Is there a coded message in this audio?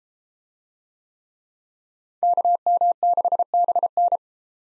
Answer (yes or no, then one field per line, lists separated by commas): yes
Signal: Morse code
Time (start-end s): 2.2-4.2 s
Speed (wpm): 31 wpm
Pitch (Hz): 700 Hz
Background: none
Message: KM6BN